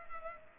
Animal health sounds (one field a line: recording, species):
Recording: mosquito wingbeat signal from an infrared sensor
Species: Culex pipiens